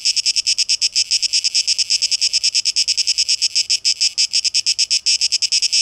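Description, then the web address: Cicadas give a high rattling buzz, pulsing swiftly across the whole stretch. Tape echo mix; recorded 12 August 2023. "rauschpartikel Audio 2023-08-12 Zikaden"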